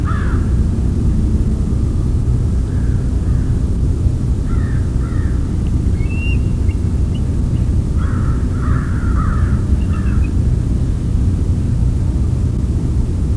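Crows cawing in short harsh bursts, several scattered calls throughout, over a loud steady low rumble.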